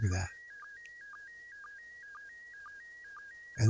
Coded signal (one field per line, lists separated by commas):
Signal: SSTV (slow-scan television)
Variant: PD 120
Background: speech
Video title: Ham Radio Live! 108. Building Your NO TUNE Vertical Antenna. Plus Ham Skills From Around The World!